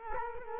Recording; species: mosquito wingbeat signal from an infrared sensor; Culex quinquefasciatus